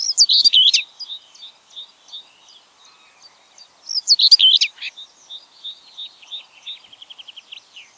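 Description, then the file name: Common whitethroat song, a short scratchy burst at the start and another midway, with thin high notes and a fast rattling trill near the end. "grasmus zang"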